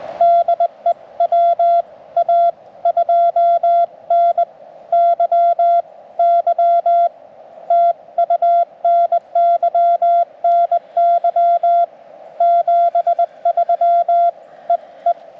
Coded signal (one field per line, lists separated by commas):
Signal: Morse code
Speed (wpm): 21 wpm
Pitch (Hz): 690 Hz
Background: none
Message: DE WA2NYY TU NY NY 73 EE